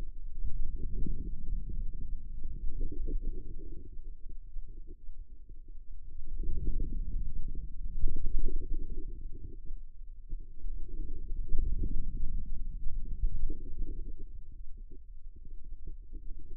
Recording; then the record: forearm muscle sounds (acoustic myography)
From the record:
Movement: ulnar deviation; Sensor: system 2, bracelet of six BSWA MPA416 microphones around the upper forearm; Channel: 5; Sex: female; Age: 25 years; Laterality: right